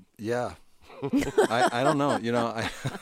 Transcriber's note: laughter